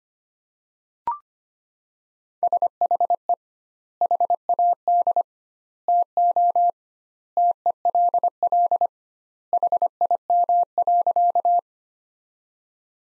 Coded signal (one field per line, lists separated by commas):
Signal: Morse code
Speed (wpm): 25 wpm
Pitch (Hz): 700 Hz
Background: none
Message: SHE HAD TO TELL HIM.